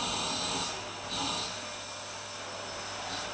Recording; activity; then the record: daily activity, microphone in the room; vacuum cleaning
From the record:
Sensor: 2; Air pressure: 1009.5 hPa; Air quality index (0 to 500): 187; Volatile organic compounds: 12 ppm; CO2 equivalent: 2325 ppm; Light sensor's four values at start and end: 24/59/26/28 and 25/60/26/28